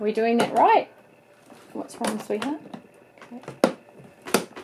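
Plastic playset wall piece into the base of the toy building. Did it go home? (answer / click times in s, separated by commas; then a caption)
yes / 4.3 s. A plastic playset wall piece is pushed into its slot in the base of a toy building, seating with a sharp snap at 4.3 s. Someone talks over the first part of the clip, followed by quieter handling sounds before the snap.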